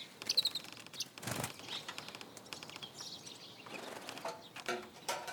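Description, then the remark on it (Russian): Two sparrows chirp in short, high bursts while pecking at crumbs, with quick flutters of wings and light tapping sounds scattered through, fairly faint and with no voices. “Два воробья клюют крошки.”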